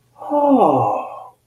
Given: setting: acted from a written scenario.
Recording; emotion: vocal sound without words; awe